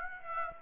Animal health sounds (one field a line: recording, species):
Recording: mosquito wingbeat signal from an infrared sensor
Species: Aedes aegypti